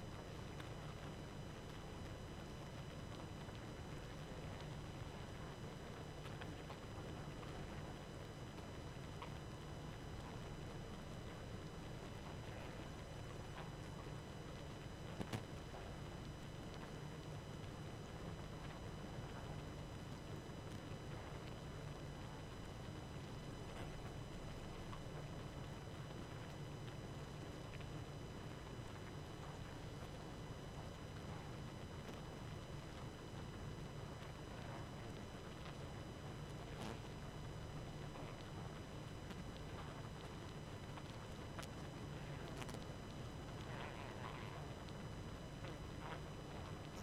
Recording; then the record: honeybee colony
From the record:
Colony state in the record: active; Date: 12 June 2018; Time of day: 23:11